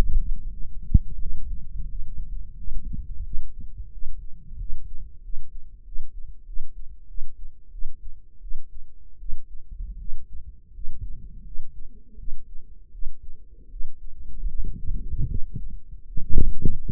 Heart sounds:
heart sounds by microphone in the right ear; 85 bpm
0.48 s: heartbeat
1.18 s: heartbeat
1.87 s: heartbeat
2.55 s: heartbeat
3.22 s: heartbeat
3.90 s: heartbeat
4.57 s: heartbeat
5.21 s: heartbeat
5.83 s: heartbeat
6.44 s: heartbeat
7.06 s: heartbeat
7.70 s: heartbeat
8.39 s: heartbeat
9.17 s: heartbeat
9.96 s: heartbeat
10.71 s: heartbeat
11.42 s: heartbeat
12.16 s: heartbeat
12.90 s: heartbeat
13.68 s: heartbeat
14.46 s: heartbeat
15.26 s: heartbeat
16.04 s: heartbeat
16.80 s: heartbeat
From the record:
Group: healthy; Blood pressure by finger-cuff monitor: 86/58 mmHg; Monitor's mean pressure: 66 mmHg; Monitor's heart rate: 87 bpm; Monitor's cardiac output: 6.2 L/min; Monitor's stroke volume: 73 mL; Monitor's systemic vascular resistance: 770 dyn s/cm5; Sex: female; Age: 19 years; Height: 163 cm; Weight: 51 kg

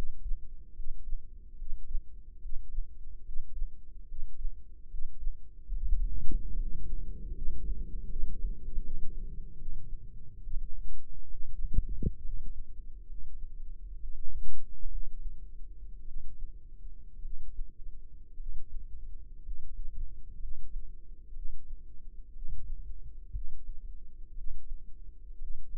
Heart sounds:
heart sounds by microphone in the left ear; 66 bpm
0.71 s: heartbeat
1.54 s: heartbeat
2.37 s: heartbeat
3.21 s: heartbeat
4.04 s: heartbeat
4.86 s: heartbeat
5.69 s: heartbeat
6.51 s: heartbeat
7.31 s: heartbeat
8.06 s: heartbeat
8.79 s: heartbeat
9.54 s: heartbeat
10.39 s: heartbeat
11.26 s: heartbeat
12.20 s: heartbeat
13.03 s: heartbeat
13.96 s: heartbeat
14.86 s: heartbeat
16.02 s: heartbeat
17.19 s: heartbeat
18.34 s: heartbeat
19.39 s: heartbeat
20.36 s: heartbeat
21.31 s: heartbeat
22.30 s: heartbeat
23.30 s: heartbeat
24.32 s: heartbeat
25.35 s: heartbeat
From the record:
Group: healthy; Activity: Valsalva maneuver 0-7 s, rest 7-26 s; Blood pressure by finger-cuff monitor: 122/79 mmHg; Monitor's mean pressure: 93 mmHg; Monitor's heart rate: 67 bpm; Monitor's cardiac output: 5.1 L/min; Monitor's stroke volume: 77 mL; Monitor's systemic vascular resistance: 1340 dyn s/cm5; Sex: female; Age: 22 years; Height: 171 cm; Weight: 65.6 kg

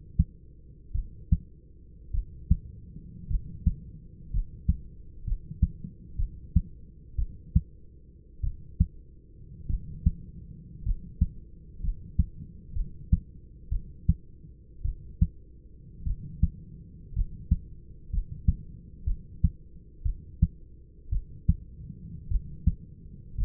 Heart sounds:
heart sounds by stethoscope; 56 bpm
0.92 s: heartbeat
2.12 s: heartbeat
3.28 s: heartbeat
4.31 s: heartbeat
5.25 s: heartbeat
6.17 s: heartbeat
7.16 s: heartbeat
8.41 s: heartbeat
9.67 s: heartbeat
10.84 s: heartbeat
11.81 s: heartbeat
12.73 s: heartbeat
13.69 s: heartbeat
14.83 s: heartbeat
16.04 s: heartbeat
17.14 s: heartbeat
18.10 s: heartbeat
19.05 s: heartbeat
20.03 s: heartbeat
21.10 s: heartbeat
22.29 s: heartbeat
23.36 s: heartbeat
From the record:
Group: healthy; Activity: cold pressor test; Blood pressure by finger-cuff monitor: 120/48 mmHg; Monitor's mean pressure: 73 mmHg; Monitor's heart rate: 58 bpm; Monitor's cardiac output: 6.9 L/min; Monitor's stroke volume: 119 mL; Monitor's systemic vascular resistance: 770 dyn s/cm5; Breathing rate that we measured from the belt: 9 breaths a minute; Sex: male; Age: 25 years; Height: 170 cm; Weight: 70.4 kg

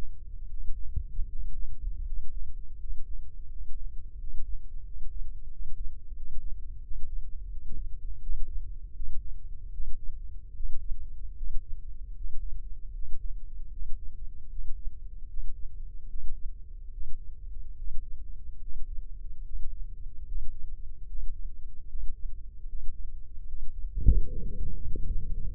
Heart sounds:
heart sounds by microphone in the left ear; 78 bpm
0.47 s: heartbeat
1.26 s: heartbeat
2.03 s: heartbeat
2.77 s: heartbeat
3.48 s: heartbeat
4.17 s: heartbeat
4.83 s: heartbeat
5.49 s: heartbeat
6.14 s: heartbeat
6.81 s: heartbeat
7.49 s: heartbeat
8.20 s: heartbeat
8.93 s: heartbeat
9.71 s: heartbeat
10.53 s: heartbeat
11.35 s: heartbeat
12.14 s: heartbeat
12.92 s: heartbeat
13.70 s: heartbeat
14.49 s: heartbeat
15.27 s: heartbeat
16.07 s: heartbeat
16.91 s: heartbeat
17.75 s: heartbeat
18.60 s: heartbeat
19.43 s: heartbeat
20.25 s: heartbeat
21.06 s: heartbeat
21.87 s: heartbeat
22.66 s: heartbeat
23.45 s: heartbeat
24.27 s: heartbeat
25.05 s: heartbeat
From the record:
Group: healthy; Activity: breath hold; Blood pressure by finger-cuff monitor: 161/106 mmHg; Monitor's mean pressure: 122 mmHg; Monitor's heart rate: 76 bpm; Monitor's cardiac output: 5.1 L/min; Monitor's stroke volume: 66 mL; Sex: male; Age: 35 years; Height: 178 cm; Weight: 64 kg

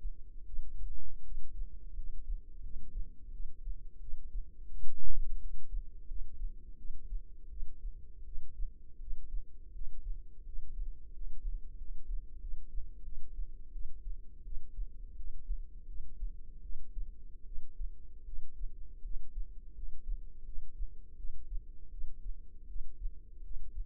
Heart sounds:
heart sounds by microphone in the left ear; 84 bpm
0.45 s: heartbeat
1.23 s: heartbeat
1.94 s: heartbeat
2.61 s: heartbeat
3.31 s: heartbeat
3.99 s: heartbeat
4.70 s: heartbeat
5.39 s: heartbeat
6.06 s: heartbeat
6.76 s: heartbeat
7.48 s: heartbeat
8.24 s: heartbeat
8.99 s: heartbeat
9.72 s: heartbeat
10.44 s: heartbeat
11.12 s: heartbeat
11.76 s: heartbeat
12.39 s: heartbeat
13.03 s: heartbeat
13.71 s: heartbeat
14.43 s: heartbeat
15.15 s: heartbeat
15.86 s: heartbeat
16.61 s: heartbeat
17.44 s: heartbeat
18.24 s: heartbeat
19.02 s: heartbeat
19.73 s: heartbeat
20.44 s: heartbeat
21.16 s: heartbeat
21.90 s: heartbeat
22.67 s: heartbeat
23.42 s: heartbeat
From the record:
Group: healthy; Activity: rest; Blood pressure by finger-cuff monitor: 77/41 mmHg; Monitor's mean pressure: 57 mmHg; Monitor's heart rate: 84 bpm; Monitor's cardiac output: 8.5 L/min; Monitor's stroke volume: 100 mL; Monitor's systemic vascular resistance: 460 dyn s/cm5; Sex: female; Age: 22 years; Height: 161 cm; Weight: 65.5 kg

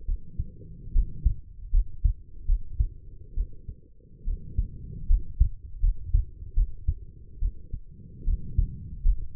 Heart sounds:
heart sounds by stethoscope; 74 bpm
0.06 s: heartbeat
0.92 s: heartbeat
1.71 s: heartbeat
2.46 s: heartbeat
3.34 s: heartbeat
4.24 s: heartbeat
5.07 s: heartbeat
5.80 s: heartbeat
6.54 s: heartbeat
7.39 s: heartbeat
8.24 s: heartbeat
9.03 s: heartbeat
From the record:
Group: healthy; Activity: rest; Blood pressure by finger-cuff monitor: 116/74 mmHg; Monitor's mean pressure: 86 mmHg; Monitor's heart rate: 71 bpm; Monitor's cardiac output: 5.8 L/min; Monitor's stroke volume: 78 mL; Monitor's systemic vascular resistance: 1080 dyn s/cm5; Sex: female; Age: 23 years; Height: 160 cm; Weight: 50.4 kg

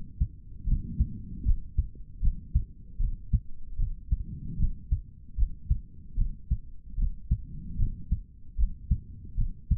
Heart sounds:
heart sounds by stethoscope; 76 bpm
0.65 s: heartbeat
1.44 s: heartbeat
2.20 s: heartbeat
2.98 s: heartbeat
3.77 s: heartbeat
4.57 s: heartbeat
5.36 s: heartbeat
6.16 s: heartbeat
6.96 s: heartbeat
7.77 s: heartbeat
8.56 s: heartbeat
9.36 s: heartbeat
From the record:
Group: healthy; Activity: rest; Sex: male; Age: 55 years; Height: 167 cm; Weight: 57.2 kg

